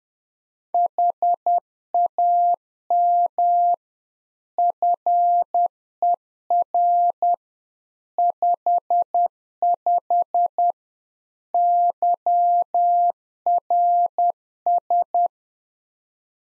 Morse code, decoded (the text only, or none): HAM FER 55 YRS